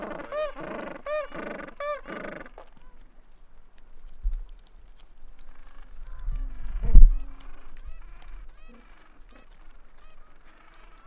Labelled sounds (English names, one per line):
Gentoo Penguin call